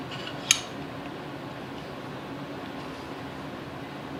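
A steel 1911 barrel is pushed up into lockup in the slide, seating with a single sharp metallic click at 0.5 s over steady low background noise. The fit is very tight, and the barrel is seated in lockup.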